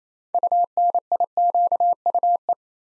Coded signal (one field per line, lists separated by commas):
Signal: Morse code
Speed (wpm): 29 wpm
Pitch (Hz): 700 Hz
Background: none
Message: UNIQUE